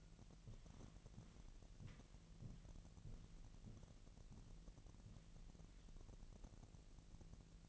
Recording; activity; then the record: daily activity, microphone in the room; walk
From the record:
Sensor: 4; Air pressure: 1002.9 hPa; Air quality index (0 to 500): 248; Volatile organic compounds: 27 ppm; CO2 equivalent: 2889 ppm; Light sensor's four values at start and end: 8/17/7/7 and 8/17/7/7